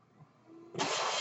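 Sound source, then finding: Mechanical ventilator. Mechanical ventilator breath cycle.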